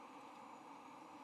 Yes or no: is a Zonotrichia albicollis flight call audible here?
no